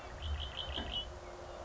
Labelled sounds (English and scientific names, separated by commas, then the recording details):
Red-winged Blackbird (Agelaius phoeniceus)
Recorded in Sonoma County, California